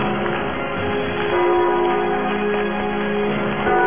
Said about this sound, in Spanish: Son campanas y se oyen cerca.